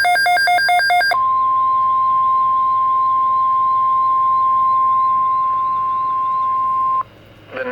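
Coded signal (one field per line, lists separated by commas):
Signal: Emergency Alert System (SAME) tones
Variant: 1050 Hz attention tone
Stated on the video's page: Severe Thunderstorm Watch alert, recorded off a weather radio transmitter.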